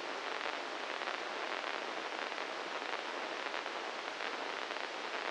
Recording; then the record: brain microelectrode recording played as sound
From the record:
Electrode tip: inside the subthalamic nucleus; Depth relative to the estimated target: 1 mm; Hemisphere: right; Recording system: NeuroSet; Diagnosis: Parkinson's disease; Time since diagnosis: 15 years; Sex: male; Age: 65 years